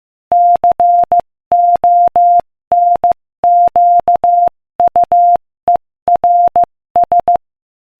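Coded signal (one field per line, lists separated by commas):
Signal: Morse code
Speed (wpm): 15 wpm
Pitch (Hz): 700 Hz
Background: none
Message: CONQUERS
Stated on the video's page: Morse code practice at 15 wpm, sending inspirational quotations.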